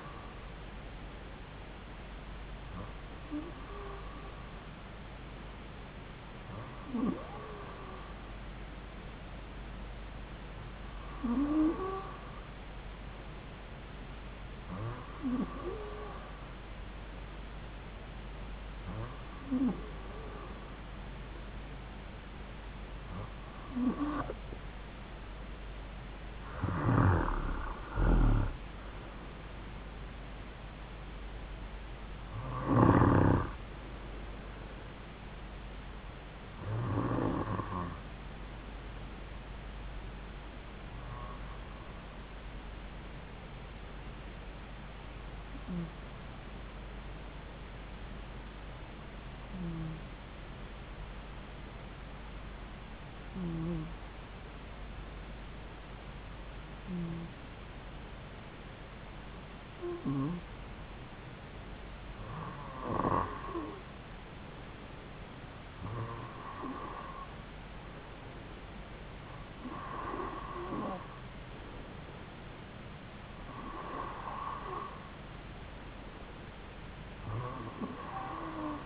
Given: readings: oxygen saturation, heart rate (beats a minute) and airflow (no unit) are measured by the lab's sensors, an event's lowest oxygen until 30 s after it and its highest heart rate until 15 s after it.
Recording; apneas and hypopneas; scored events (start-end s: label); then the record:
breathing in sleep by a voice recorder at the bedside; 1
52.00-70.20 s: hypopnea (N2, oxygen 96% highest, then 92% lowest)
From the record:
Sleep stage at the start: N2 (light sleep); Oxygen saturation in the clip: 94 to 96%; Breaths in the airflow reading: 20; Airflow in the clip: -7.8 to 9.7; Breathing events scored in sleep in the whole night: 270 in 6.1 hours asleep